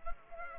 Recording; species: mosquito wingbeat signal from an infrared sensor; Culex pipiens